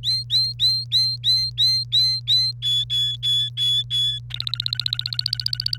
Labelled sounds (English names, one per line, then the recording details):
Domestic Canary song
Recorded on 1 May 2018 at 08:36
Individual llb3